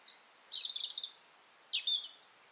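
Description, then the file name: European robin song: a high, tinkling, warbled phrase of quick varied notes, with a sharp downward-slurred note near the end, in a quiet setting. "Erithacus rubecula"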